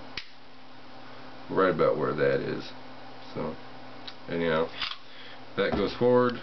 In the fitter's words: this little latch clicks into place